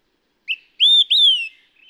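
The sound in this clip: Olive-sided Flycatcher song: a short high note, then two loud whistles, the last sliding downward, in a clean, quiet background.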